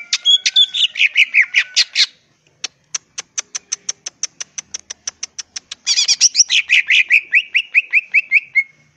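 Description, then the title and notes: Leafbird song: a rapid, varied chattering medley of descending whistled notes and a fast series of sharp clicking ticks, then downslurred chirps repeated in quick succession. Vigorously singing (gacor), melodious leafbird (cucak ijo) in ngentrok style with crest raised (jambul nembak); recording intended as a master track for training other cucak ijo. "Cucak Ijo Gacor Ngentrok Jambul Nembak. suara burung cucak ijo gacor, merdu cocok buat masteran burung cucak ijo"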